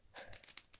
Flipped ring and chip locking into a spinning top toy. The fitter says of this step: flip that ring and we are locked into place